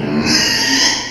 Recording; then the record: squeal of a Yucatan mini pig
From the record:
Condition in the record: before surgery on the right vocal fold (resection and tissue-engineered implant); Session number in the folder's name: 2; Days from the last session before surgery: 0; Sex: male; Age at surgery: 12 weeks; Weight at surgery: 13 kg